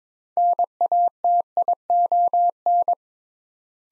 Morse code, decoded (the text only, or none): NATION